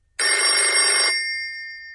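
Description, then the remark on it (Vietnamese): A shrill telephone bell rings in a loud, dense metallic burst for about a second, then its bright tone lingers and slowly fades with no voices present. “Tiếng chuông điện thoại bỗng đổ lanh lảnh.”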